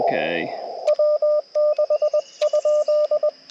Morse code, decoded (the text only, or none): W6?